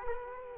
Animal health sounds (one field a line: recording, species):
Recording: mosquito wingbeat signal from an infrared sensor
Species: Culex quinquefasciatus